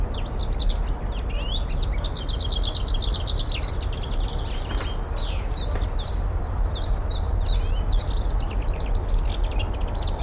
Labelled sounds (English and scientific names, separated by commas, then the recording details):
Lesser Whitethroat (Sylvia curruca)
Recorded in the wild
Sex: male
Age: adult
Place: Karower Teiche, Naturpark Barnim, Berlin, DE
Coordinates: 52.62, 13.46
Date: 1994-04-24
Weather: Wind, sonnig, 15-18°C
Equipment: Marantz CP 430, Sennheiser ME 80, Kopie Uher Variocord 263
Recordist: Tembrock, Günter